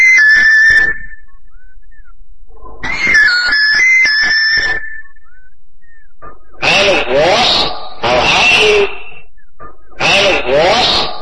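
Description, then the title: Common hill myna giving two whistled phrases, then three harsh, raspy screeching bursts. "burung beo"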